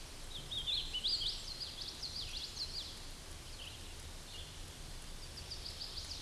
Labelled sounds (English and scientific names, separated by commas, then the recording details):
Hooded Warbler (Setophaga citrina) song
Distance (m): 45 m
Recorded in a Pennsylvania forest on 18 May 2023 at 11:18
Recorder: AudioMoth, point grid1_4_low
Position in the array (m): 55 m, 100 m